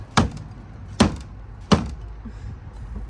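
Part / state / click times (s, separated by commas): corner splitter clips into car front bumper / seated / 0.2 s, 1.0 s, 1.7 s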